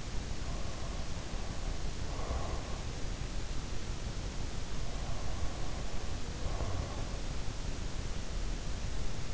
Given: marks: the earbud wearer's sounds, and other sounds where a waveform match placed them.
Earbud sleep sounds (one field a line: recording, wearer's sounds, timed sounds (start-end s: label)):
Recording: sounds in sleep by an in-ear microphone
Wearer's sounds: breath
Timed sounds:
0.00-2.80 s: breath
4.60-7.42 s: breath